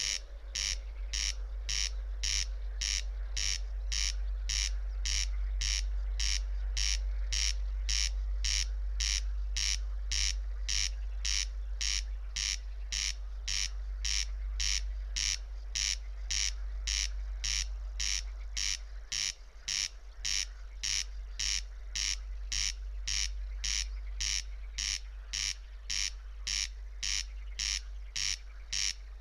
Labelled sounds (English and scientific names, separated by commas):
Corn Crake (Crex crex) song